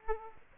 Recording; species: mosquito wingbeat signal from an infrared sensor; Aedes aegypti